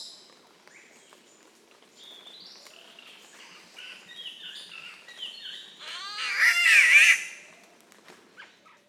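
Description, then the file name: Spotted catbird wailing call: a nasal, cat-like yowl of wavering harmonic notes that builds and peaks in a loud harsh cry, with quieter chatter before it. "Spotted Catbird Ailuroedus maculosus"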